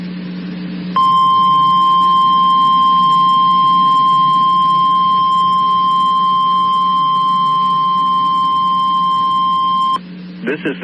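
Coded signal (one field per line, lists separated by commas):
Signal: Emergency Alert System (SAME) tones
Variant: 1050 Hz attention tone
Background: speech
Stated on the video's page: EAS tests, including ones captured from station WJAS.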